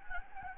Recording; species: mosquito wingbeat signal from an infrared sensor; Anopheles gambiae